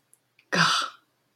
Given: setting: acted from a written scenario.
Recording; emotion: vocal sound without words; negative surprise